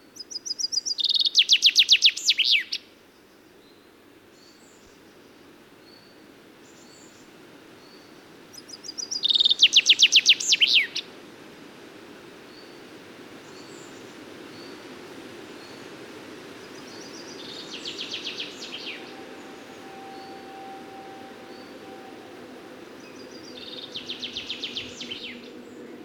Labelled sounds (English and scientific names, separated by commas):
Common Chaffinch (Fringilla coelebs) song